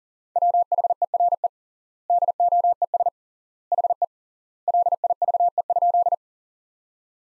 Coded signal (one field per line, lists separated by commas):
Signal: Morse code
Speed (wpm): 40 wpm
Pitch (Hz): 700 Hz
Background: none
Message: WHERE DOES HE LIVE?